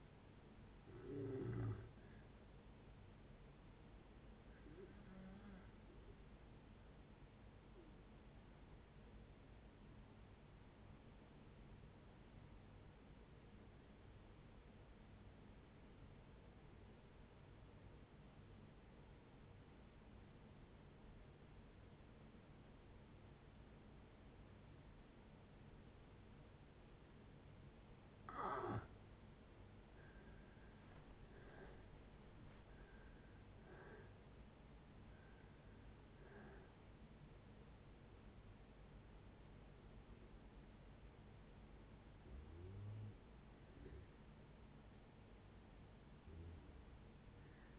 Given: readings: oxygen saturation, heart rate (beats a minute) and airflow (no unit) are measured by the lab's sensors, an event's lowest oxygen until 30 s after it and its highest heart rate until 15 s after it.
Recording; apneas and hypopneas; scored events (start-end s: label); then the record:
breathing in sleep by a voice recorder at the bedside; 1
9.00-28.50 s: obstructive apnea (N1, oxygen 97% highest, then 75% lowest)
From the record:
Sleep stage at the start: N1 (lightest sleep); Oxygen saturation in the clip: 76 to 97%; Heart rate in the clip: 56 to 81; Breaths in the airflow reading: 8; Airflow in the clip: -11.3 to 11.9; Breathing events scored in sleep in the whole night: 496 in 5.4 hours asleep